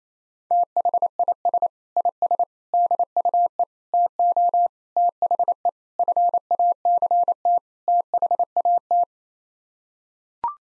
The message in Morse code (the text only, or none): THIS IS DUE TO THE FACT THAT